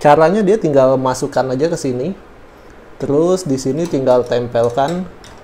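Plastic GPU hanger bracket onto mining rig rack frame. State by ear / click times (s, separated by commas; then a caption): not seated / none. A plastic (ABS) GPU hanger bracket is handled as it goes onto a mining rig rack frame, with its plug piece about to be pressed in. Someone talks throughout, with a quiet pause from about 2.1 to 3.0 seconds. Nothing has seated or clicked yet, so the bracket is not yet locked home.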